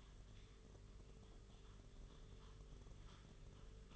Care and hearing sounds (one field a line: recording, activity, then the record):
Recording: daily activity, microphone in the room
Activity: typing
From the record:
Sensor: 4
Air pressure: 991.8 hPa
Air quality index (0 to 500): 120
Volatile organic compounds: 27 ppm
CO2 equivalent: 2880 ppm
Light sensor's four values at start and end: 19/64/24/24 and 19/64/24/24